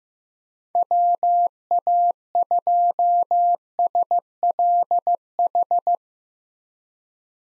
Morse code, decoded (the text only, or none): WA2SLH